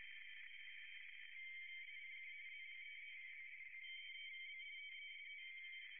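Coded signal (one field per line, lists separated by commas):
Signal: RTTY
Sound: two warbling two-tone teletype signals chattering steadily over band hiss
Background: radio static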